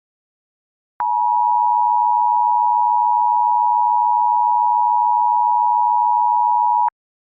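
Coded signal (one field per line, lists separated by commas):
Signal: Emergency Alert System (SAME) tones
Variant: 853 and 960 Hz attention tone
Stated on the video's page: Simulated tornado outbreak EAS scenario, a fictional recreation.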